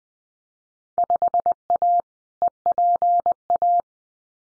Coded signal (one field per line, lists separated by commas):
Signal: Morse code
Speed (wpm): 19 wpm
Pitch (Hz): 700 Hz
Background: none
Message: 5A EPA